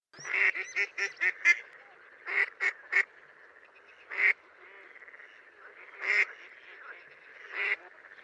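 Bird honking calls, a quick series of short harsh honks, a shorter group of three, then single honks spaced a second or two apart.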